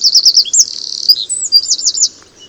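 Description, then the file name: Eurasian wren song, a rapid burst of very high, sharp trilled notes rattling on for about two seconds before stopping. "Troglodytes troglodytes"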